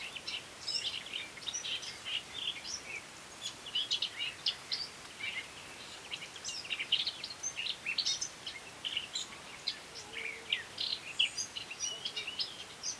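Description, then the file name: Eurasian blackcap giving repeated bursts of fast, scratchy warbling throughout, set against steady background hiss. "Sylvia atricapilla"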